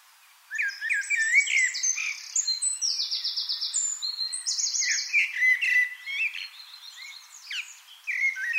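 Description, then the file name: Common blackbird singing continuously: mellow whistled phrases woven with rapid, high, repeated trills and squeaky twitters, with no clear gaps. "Turdus merula"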